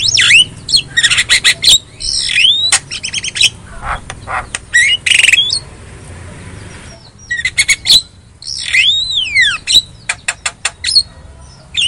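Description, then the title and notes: Javan myna song mixing harsh rasping bursts with loud swooping whistles that rise and fall, delivered in uneven phrases separated by short gaps. Lure song of Javan myna, used to prompt a mute myna to sing. "Pancingan Jalak Kebo Bisu. Kicau Jalak Kebo"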